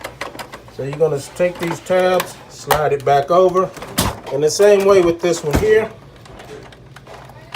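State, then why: Seated. Someone talks while hooking the tabs of a plastic vacuum cleaner part in and sliding it back over onto the vacuum cleaner body, with a few light knocks of handling. The new part is a little tough and goes on with effort, then locks into place with a short click at 7.0 s.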